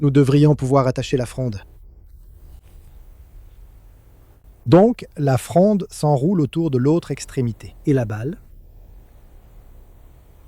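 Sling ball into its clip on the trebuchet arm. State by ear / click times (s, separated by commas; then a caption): not seated / none. The sling is wrapped around the other end of a trebuchet arm and the ball is brought into place, ready to clip into its position on the arm. Someone talks in two bursts with quiet between, and nothing has clicked into place yet.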